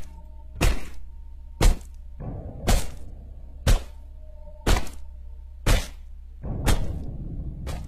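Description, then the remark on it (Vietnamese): A series of machete blows chopping into a man's body during a gang fight, about eight sharp thunks landing at a steady, slightly uneven rhythm, each a loud wet impact over a low background rumble. “những nhát mã tấu chém xuống.”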